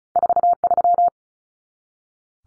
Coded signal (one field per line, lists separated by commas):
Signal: Morse code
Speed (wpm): 34 wpm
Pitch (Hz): 700 Hz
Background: none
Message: 43